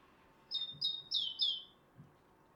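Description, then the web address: Great tit calls: four high, downslurred notes in quick succession, each slurring down in pitch, over a faint low hum. "SETE data Parus major"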